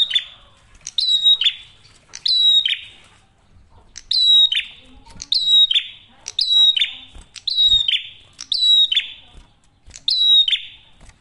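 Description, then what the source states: Prinia song: bright, high, buzzy phrases with a sharp downward sweep, repeated roughly once a second. Masteran tutor audio for training songbirds; prenjak merah singing actively with a clear voice.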